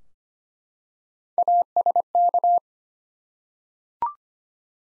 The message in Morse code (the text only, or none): ASK